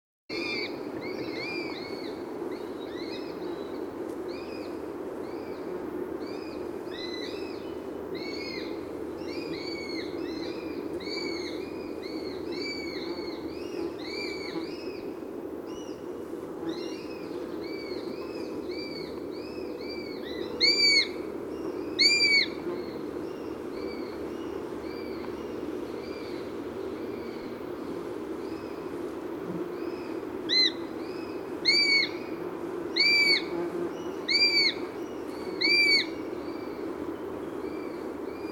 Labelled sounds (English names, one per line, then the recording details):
Eurasian Sparrowhawk call
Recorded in the wild
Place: Leszno, Großpolen, PL
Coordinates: 51.842, 16.594
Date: 1987-07-20
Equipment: Nagra III BH, Sennheiser MD 21, parabola
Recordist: Schubert, Michael